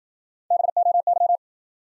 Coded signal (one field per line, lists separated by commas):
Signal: Morse code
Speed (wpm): 53 wpm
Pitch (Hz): 700 Hz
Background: none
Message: BOY